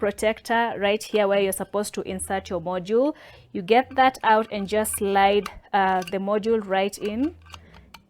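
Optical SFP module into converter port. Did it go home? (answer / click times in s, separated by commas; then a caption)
yes / 7.9 s. An optical SFP transceiver module is slid into the port of a BlackMagic fibre-to-SDI converter after its rubber protector is removed, while someone talks. Near the end, small clicks from the module going in are heard, with the module clicking into place at 7.9 seconds, seated.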